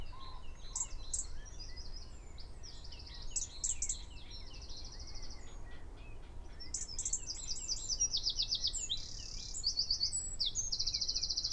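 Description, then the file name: Eurasian wren singing sharp high chips and quick buzzy trills that grow denser and louder toward the end. "Troglodytes troglodytes"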